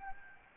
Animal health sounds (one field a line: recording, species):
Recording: mosquito wingbeat signal from an infrared sensor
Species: Anopheles gambiae